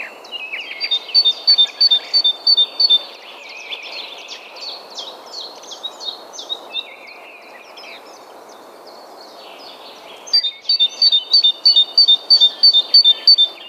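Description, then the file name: Great tit giving quick runs of high two-tone notes, about three each second, in two bursts separated by a stretch of other chirps. "Parus major"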